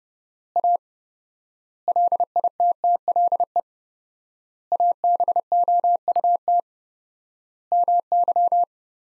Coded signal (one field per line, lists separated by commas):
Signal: Morse code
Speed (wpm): 32 wpm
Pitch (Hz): 700 Hz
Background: none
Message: A LITTLE ABOUT MY